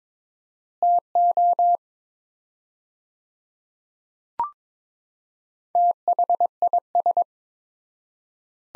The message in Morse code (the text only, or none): TO THIS